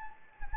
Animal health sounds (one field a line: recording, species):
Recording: mosquito wingbeat signal from an infrared sensor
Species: Anopheles gambiae